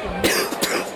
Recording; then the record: coughing mixed with background sound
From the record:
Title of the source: 31 night wet cough